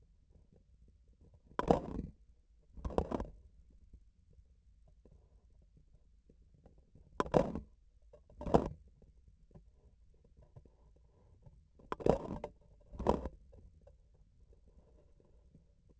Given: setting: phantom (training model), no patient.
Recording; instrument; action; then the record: laparoscopic instrument, vibration sensor on the handle end; grasping forceps; opening and closing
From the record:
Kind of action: tool actuation without material contact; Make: other than Olympus